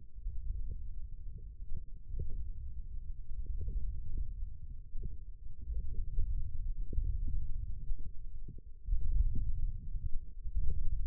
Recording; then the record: forearm muscle sounds (acoustic myography)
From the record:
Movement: ulnar deviation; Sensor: system 1, eight BSWA MPA416 microphones around the upper forearm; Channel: 2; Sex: male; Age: 20 years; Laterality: left